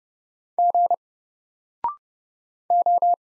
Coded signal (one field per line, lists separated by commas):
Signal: Morse code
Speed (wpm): 30 wpm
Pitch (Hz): 700 Hz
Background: none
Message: G O